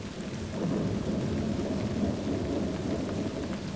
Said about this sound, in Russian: Весь день лил такой дождь, что ни на ком сухой нитки не было.